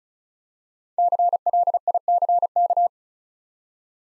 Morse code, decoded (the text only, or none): CLICK